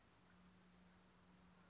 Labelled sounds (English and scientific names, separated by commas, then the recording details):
Chestnut-backed Chickadee (Poecile rufescens)
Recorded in Sonoma County, California